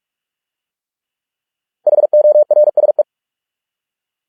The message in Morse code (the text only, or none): HORSE